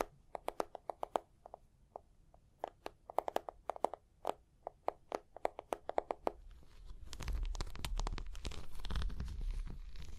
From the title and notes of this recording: Tapping and Scratching (No Talking).